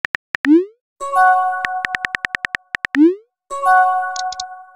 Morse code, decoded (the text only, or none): none